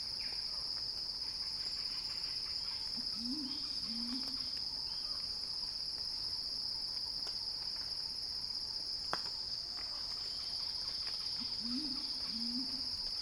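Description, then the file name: Cicada song: a continuous high, piercing buzz that never pauses, while a deep paired call comes through faintly near the start and again near the end. Cicada song building in a crescendo, recorded by Axel Drioli for Earth.fm. "earth-fm Axel-Drioli Cicada-Crescendo-Sounding-Wild"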